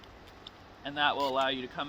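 A skier pokes the ski pole tip into the release button in front of the toe piece of a cross-country ski binding to free the boot's metal toe bar, and two small ticks sound at 0.0 and 0.5 seconds. Someone then talks as the binding releases the boot.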